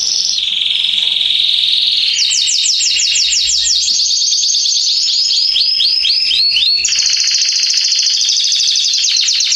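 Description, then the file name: Canary delivering an unbroken song of shifting tours: a steady whistled note, then quick pulsed trills and fast repeated upswept notes. "Canary Voice"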